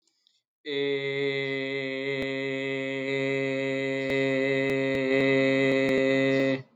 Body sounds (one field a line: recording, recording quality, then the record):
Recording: sustained vowel as in made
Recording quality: excellent, no background noise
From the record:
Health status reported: exposed to COVID-19, no respiratory illness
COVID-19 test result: negative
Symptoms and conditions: cough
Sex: male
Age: 48 years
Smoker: not ticked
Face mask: not worn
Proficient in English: yes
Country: India